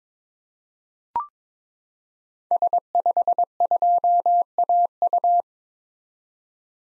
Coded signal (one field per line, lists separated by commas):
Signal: Morse code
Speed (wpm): 22 wpm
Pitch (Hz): 700 Hz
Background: none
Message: S52AU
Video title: 2023 SOTA Activator Call Signs - 22wpm